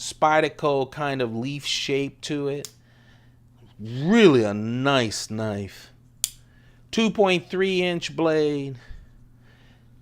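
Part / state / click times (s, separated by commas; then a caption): folding knife blade locking open against the back lock in the handle / seated / 6.2 s. Someone talks while a small Spyderco folding knife with FRN (plastic) scales and a 2.3-inch leaf-shaped blade is opened. At 6.2 s there is a single sharp click as the blade locks open against the back lock in the handle. The blade is seated and locked.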